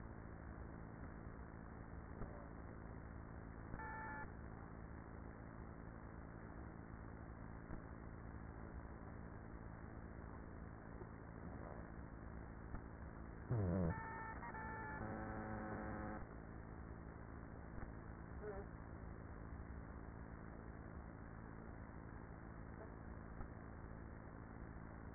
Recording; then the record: honeybee colony, microphone inside the hive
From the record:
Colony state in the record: queenless with a low population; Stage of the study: after two queens were removed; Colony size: about 30,000 bees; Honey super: no